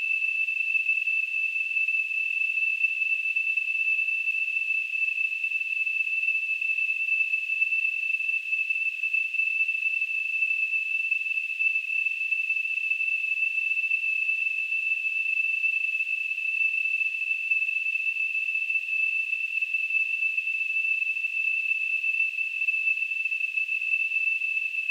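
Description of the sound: A simulated tinnitus sound: a steady, unbroken high-pitched tone near 3 kHz with a faint hiss around it, holding at the same pitch and loudness throughout.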